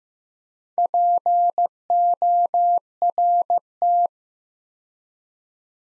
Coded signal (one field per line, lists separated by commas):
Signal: Morse code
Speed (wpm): 15 wpm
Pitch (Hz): 700 Hz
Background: none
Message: PORT